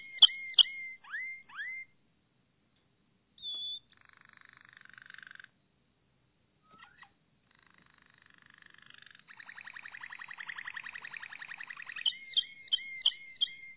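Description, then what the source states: Canary song with dropping whistled notes and short rolls broken by gaps, then a swelling rapid trill and a run of ringing notes. Malinois (Waterslager) breed canary, song.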